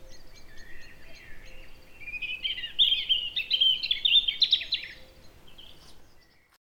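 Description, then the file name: European robin song: a varied jumble of high twittering and trilled notes, building and fading over several seconds against a faint background hiss. "Erithacus rubecula"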